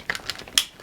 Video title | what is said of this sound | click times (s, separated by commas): Chilipad Dock Pro Sleep System Review - Updated for late 2023 | yeah bro so there it is clicked into place and then the other side clicks into the back of the doc Pro | 0.6 s